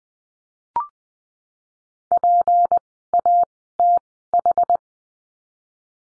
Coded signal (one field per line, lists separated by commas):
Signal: Morse code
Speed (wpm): 20 wpm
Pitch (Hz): 700 Hz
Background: none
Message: PATH